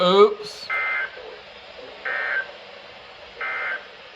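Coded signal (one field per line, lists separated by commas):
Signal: Emergency Alert System (SAME) tones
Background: speech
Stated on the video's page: Real captured EAS alerts for floods, high winds and thunderstorms from Central Virginia.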